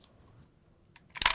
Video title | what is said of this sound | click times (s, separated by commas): The Swedish failure that led to Danish success. The Hovea 44 with firearms expert Jonathan Ferguson | around and it locks into place alongside the receiver like this | 1.2 s, 1.3 s